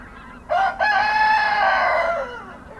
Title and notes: 28g, Kawcze, gmina Śrem, powiat śremski, województwo wielkopolskie, 63-100, Polska - rooster in the pen. The intense crowing of a rooster in a small farmhouse. (roland r-07)